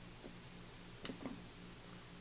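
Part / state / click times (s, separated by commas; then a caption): locking lever on a large format camera's rear standard / seated / 1.1 s. A small locking lever on the rear standard of a wooden Shen Hao 4x5 HZX IIA field camera is pushed in so it locks. One short, sharp click is heard at 1.1 s over a low steady hum, with a fainter tap just after. The lever is locked in place.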